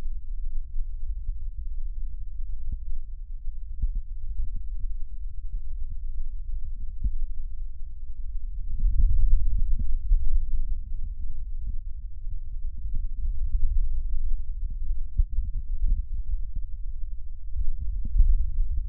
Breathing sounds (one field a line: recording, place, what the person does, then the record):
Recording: lung sounds by stethoscope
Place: left posterior basal chest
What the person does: quiet breathing, then deep breathing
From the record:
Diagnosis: COPD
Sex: male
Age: 77 years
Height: 172 cm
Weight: 94 kg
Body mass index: 31.8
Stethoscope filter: bell mode